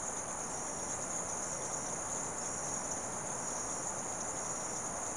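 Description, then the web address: Insects droning in a dense, constant high-pitched chorus, even in loudness from start to finish, over a broad hiss. Insects calling in the late evening in rural South America. "The BBC Sound Effects Library Rural South America Frogs And Insects, Late Evening"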